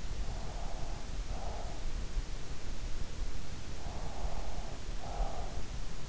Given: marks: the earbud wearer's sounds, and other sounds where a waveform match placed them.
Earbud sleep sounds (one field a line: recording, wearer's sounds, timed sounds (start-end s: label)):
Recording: sounds in sleep by an in-ear microphone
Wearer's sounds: breath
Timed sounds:
0.00-2.15 s: breath
3.66-6.05 s: breath